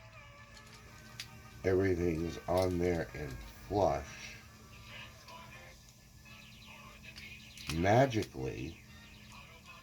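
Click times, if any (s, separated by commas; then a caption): none. Plastic parts of a Legacy Springer transforming robot toy are handled and pushed together during a transformation, with a plastic toy robot part being fitted toward its mating body section. Someone talks over faint handling noise, including a small sharp tick near 1.2 s. Nothing has seated or clicked into place yet by the end of the clip.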